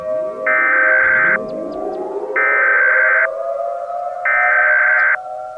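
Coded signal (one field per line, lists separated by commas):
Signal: Emergency Alert System (SAME) tones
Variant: header bursts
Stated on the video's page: Remastered fictional Emergency Alert System scenario, a remake of another creator's scenario.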